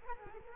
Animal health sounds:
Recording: mosquito wingbeat signal from an infrared sensor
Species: Culex quinquefasciatus

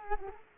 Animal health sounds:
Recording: mosquito wingbeat signal from an infrared sensor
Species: Culex quinquefasciatus

